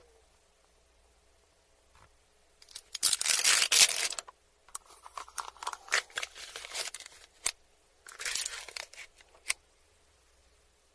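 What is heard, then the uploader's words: Someone eating ramen noodles and chicken nuggets: after two quiet seconds, a dense burst of crunchy, rustling chewing noise runs from about 3 to 4 seconds. Shorter crackly bites and clicks follow in clusters through the middle, with another burst near 8 seconds and a sharp tick near 9.5. Eating ramen noodles and chicken nuggets.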